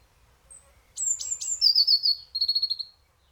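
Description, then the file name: European robin song: a few sharp, high descending notes, then a fast sweet trill, followed by a second, lower rapid trill. "Erithacus rubecula"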